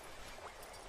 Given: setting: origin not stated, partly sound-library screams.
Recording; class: one-second piece from a danger detection set; normal situation